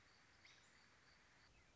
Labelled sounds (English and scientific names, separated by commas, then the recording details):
American Robin (Turdus migratorius)
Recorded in Sonoma County, California